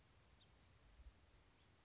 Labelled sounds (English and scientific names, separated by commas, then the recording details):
House Finch (Haemorhous mexicanus)
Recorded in Sonoma County, California